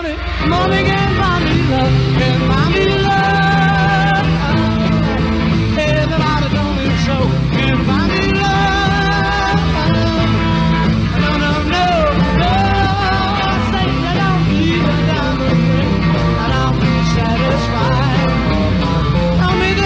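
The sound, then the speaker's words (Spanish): A huge crowd of about 50,000 fans screams continuously as a band's helicopter arrives, filmed for a documentary by the Ed Sullivan Show's production company; a loud, dense wall of high-pitched shrieks and yells that never lets up, with rising whoops cutting through the steady roar. “Para el evento, la productora del famoso Ed Sullivan Show realiza un documental que arranca desde el helicóptero en el que llega el cuarteto ante el chillido de 50.000 personas.”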